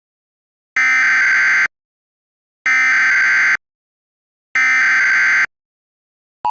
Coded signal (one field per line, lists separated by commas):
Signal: Emergency Alert System (SAME) tones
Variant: header bursts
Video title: EAS Scenario 8: Jax's Rampage